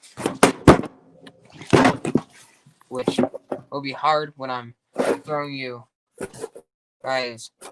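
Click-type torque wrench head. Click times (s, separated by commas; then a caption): 0.4 s. A click-type torque wrench is pulled until its head breaks over at the set torque, giving a sharp, loud click at 0.4 s with smaller knocks around it, and the setting is later turned up to make the click louder. Someone talks through the rest of the clip. The wrench clicks at its setting.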